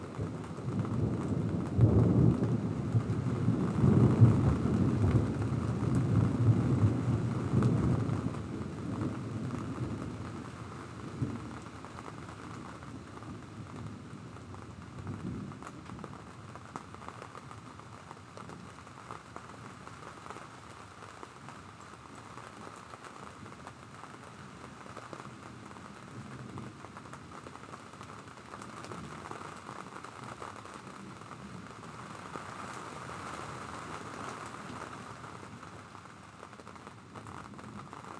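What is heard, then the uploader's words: Thunder rumbles low and heavy for the first ten seconds, then fades into a steady hiss of rain with a faint rumble late on. Sounds of a Thunderstorm. I recorded an approaching thunderstorm from Jerome's Town.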